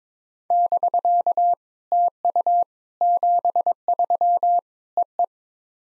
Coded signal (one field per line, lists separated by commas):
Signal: Morse code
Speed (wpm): 22 wpm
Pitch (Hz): 700 Hz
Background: none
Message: <BK> TU 73 EE